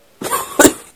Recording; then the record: coughing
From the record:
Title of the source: 30 Chesty and wet cough